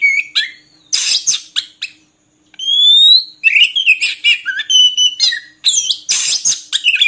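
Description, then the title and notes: Oriental magpie-robin song, clear rising whistles, buzzy bursts and sweet slurred notes, with a brief pause before a long upward whistle. Long-duration magpie-robin singing meant as tutor material for training birds to sing actively day and night. "Kacer Jadi Gacor Siang Malam. Isian Kacer Durasi Panjang"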